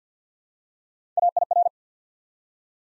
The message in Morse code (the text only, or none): AIR